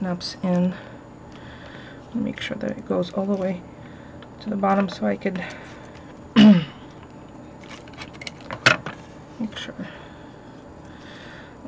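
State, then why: Seated. A roll of adhesive tape is pushed all the way to the bottom of the plastic wheel hub in a Scotch 3M purple ATG 1/2-inch tape gun while someone talks. Soft handling noises lead to a sharp click at 8.7 s as the roll seats fully on the hub.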